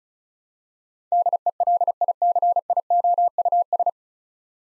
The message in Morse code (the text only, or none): DELICIOUS